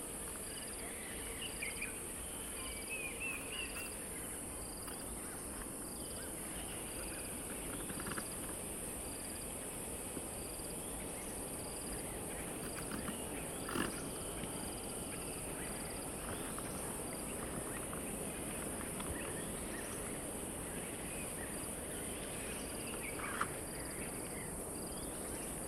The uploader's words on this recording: Durational audio recording of the sound environment around a dry stretch of the Limpopo River in South Africa at the beginning of the rainy season. The recording begins just before dusk and continues through late morning.